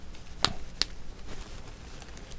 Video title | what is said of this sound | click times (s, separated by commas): Left Hand: Crochet Llama Stitch Along - Head & Neck | So now I'm gonna take the other one and snap it. | 0.4 s, 0.8 s